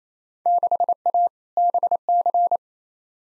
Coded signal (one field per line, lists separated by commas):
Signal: Morse code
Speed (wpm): 28 wpm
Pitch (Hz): 700 Hz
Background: none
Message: 6A BC